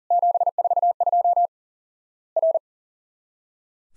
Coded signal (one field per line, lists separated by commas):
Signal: Morse code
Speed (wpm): 40 wpm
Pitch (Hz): 700 Hz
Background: none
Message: 742 R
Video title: Worked All Europe DX Contest QTC Exchange 40wpm